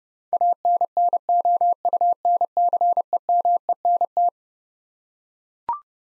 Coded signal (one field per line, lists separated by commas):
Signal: Morse code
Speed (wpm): 30 wpm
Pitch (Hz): 700 Hz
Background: none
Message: ANNOUNCEMENT